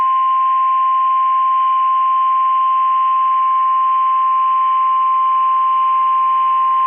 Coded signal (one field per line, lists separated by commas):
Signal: Emergency Alert System (SAME) tones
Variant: 1050 Hz attention tone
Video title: 1/19/22 BOX GO BRRRR REQUIRED WEEKLY TEST EAS#142